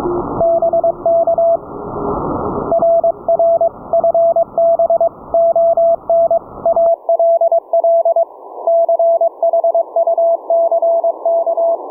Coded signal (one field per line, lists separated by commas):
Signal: Morse code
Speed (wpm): 22 wpm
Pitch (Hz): 670 Hz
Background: none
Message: BK RR FB ON ALL CHUCK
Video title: Forensic Audio & Network Testing a HomeBrew Remote Rig CW KEYING system for an ELECRAFT K3S(pt3)